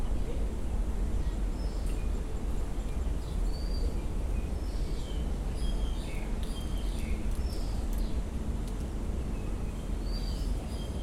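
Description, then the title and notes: Birds chirping with short, thin, high notes at irregular intervals over a constant low hum. Birds in the Kowloon Park aviary, Hong Kong, 25 July 2007; recorded with AKG condenser microphones in XY stereo. "香港 九龍公園 百鳥居 雀鳥唱歌及遊人怪叫 Date: 25th July 2007"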